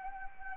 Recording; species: mosquito wingbeat signal from an infrared sensor; Anopheles arabiensis